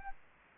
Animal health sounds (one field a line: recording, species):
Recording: mosquito wingbeat signal from an infrared sensor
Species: Anopheles arabiensis